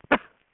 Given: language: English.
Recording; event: throat vibration sensor signal played as sound; cough